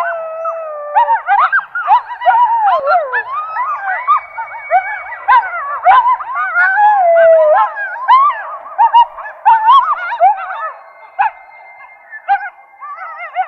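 Coyote chorus: several animals howling and yipping together, with overlapping wavering howls and sharp rising-falling yelps.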